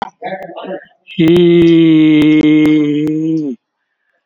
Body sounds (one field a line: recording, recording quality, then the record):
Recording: sustained vowel as in beet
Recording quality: excellent, no background noise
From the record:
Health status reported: exposed to COVID-19, no respiratory illness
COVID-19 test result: negative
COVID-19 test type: RT-PCR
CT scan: taken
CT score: 5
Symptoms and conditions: cough, cold, breathing difficulty, fever, hypertension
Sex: male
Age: 60 years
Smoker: no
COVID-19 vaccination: both doses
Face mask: not worn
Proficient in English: no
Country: India